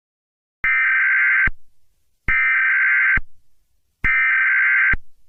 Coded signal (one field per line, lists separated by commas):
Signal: Emergency Alert System (SAME) tones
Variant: header bursts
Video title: EAS Scenario - Skin Walker Part Two